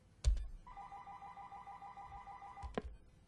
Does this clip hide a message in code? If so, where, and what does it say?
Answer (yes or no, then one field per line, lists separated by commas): no